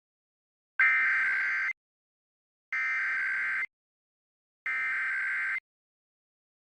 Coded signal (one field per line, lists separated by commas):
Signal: Emergency Alert System (SAME) tones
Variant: header bursts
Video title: EAS #802 Utah Statewide Monthly Test